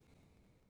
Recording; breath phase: one breath near a microphone; exhalation